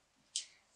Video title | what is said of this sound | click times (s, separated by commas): Miele Complete C3 Calima Unboxing | it in wait for it to click and then | 0.4 s